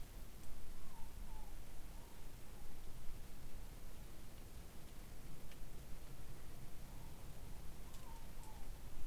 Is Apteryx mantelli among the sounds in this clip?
no